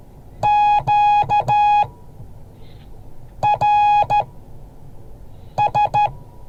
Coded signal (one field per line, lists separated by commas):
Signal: Morse code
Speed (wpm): 12 wpm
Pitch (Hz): 830 Hz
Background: none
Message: QRS